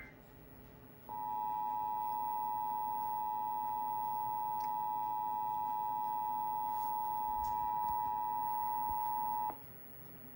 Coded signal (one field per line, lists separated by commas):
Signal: Emergency Alert System (SAME) tones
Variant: 853 and 960 Hz attention tone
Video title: EAS #89-#90 - Feb 2025 Tornado Warnings on TV and weather radio